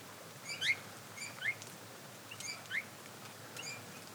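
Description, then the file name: Eurasian bullfinch giving a few short, soft piping calls, irregularly spaced, over quiet background hiss. "Pyrrhula pyrrhula"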